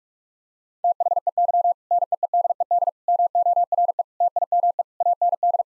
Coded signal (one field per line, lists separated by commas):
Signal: Morse code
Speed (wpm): 46 wpm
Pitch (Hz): 700 Hz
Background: none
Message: THEY NEEDED MORE TIME AND